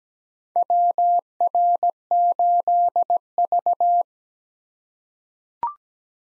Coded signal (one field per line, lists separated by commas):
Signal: Morse code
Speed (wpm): 17 wpm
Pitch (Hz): 700 Hz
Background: none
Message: WR8V